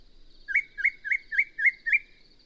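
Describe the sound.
Yellow-breasted Chat song: six clear, upslurred whistled notes repeated steadily about every quarter second, a faint high whine behind them.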